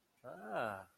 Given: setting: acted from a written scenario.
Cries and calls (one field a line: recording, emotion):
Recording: vocal sound without words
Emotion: serenity